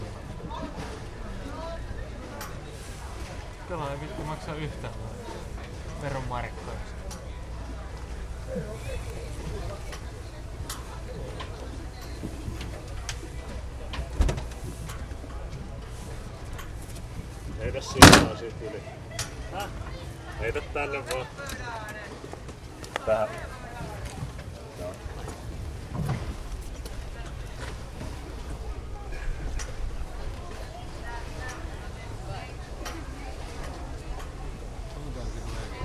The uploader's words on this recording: Late afternoon at Nagu Strandvagen. In Nagu, Finland, on a sunny Sunday afternoon looking out from the pier. Day trippers with dogs and ice-creams, amble past others enjoying early suppers in the waterfront restaurants. On the water, all manner of motor launches, sail- and speedboats slide in and out of audible range whilst behind me, storm clouds gather and the south-westerly breeze stiffens.